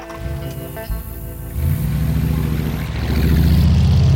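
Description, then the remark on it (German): A vehicle engine idles with a steady low hum, then revs up into a louder, deeper rumble that holds strongly as the vehicle pulls away. No one speaks. “Hoffentlich verreckt ihm der Motor.”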